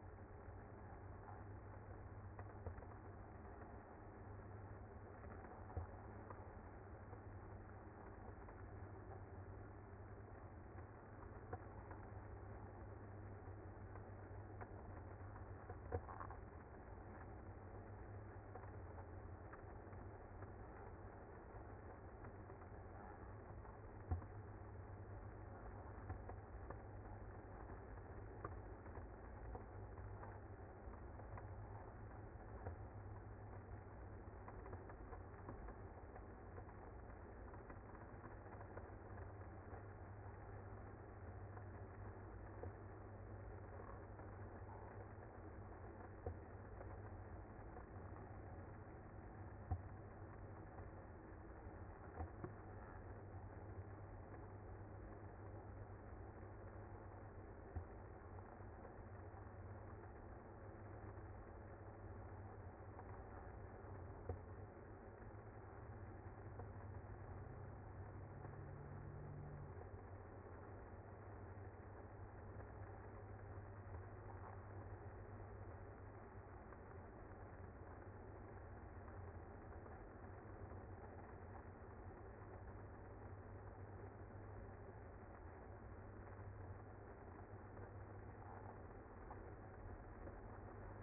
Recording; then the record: honeybee colony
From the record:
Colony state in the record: active